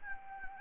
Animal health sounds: mosquito wingbeat signal from an infrared sensor; Anopheles gambiae

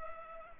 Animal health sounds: mosquito wingbeat signal from an infrared sensor; Culex pipiens

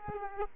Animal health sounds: mosquito wingbeat signal from an infrared sensor; Aedes aegypti

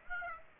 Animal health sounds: mosquito wingbeat signal from an infrared sensor; Aedes aegypti

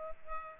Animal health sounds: mosquito wingbeat signal from an infrared sensor; Culex pipiens

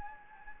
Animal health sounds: mosquito wingbeat signal from an infrared sensor; Anopheles gambiae

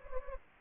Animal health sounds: mosquito wingbeat signal from an infrared sensor; Anopheles gambiae

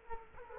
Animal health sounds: mosquito wingbeat signal from an infrared sensor; Culex quinquefasciatus

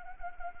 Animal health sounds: mosquito wingbeat signal from an infrared sensor; Anopheles arabiensis

